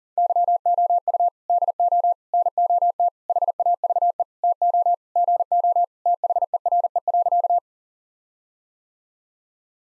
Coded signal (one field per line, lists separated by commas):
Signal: Morse code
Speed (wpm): 37 wpm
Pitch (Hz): 700 Hz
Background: none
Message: YOU DO NOT HAVE TO GO THERE.